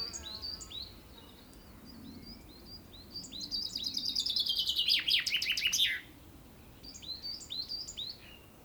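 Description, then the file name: Common chaffinch song: a fast descending trill of rattling notes ending in a brief flourish, with short high chirping notes before and after. "Fringilla coelebs"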